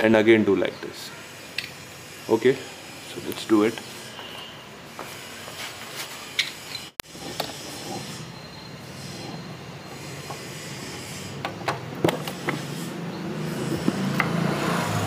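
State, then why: Not seated. Drum brake shoes with their return springs are being handled onto the pivot and cam of a Honda Activa scooter's rear brake plate while someone talks. Soft handling knocks and taps come through a steady background hiss, with one very sharp tick near 7.0 s. Nothing has seated or clicked into position yet.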